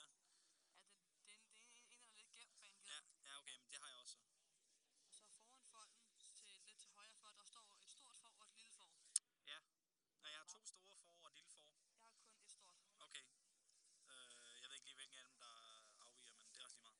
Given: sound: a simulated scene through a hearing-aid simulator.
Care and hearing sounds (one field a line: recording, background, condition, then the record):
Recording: conversation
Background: quiet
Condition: 55 dB SPL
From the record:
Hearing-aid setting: III (slow-acting compression, loudness normalization, advanced features for about 2.5 dB of SNR improvement)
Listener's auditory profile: C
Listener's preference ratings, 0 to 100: 60, 48, 87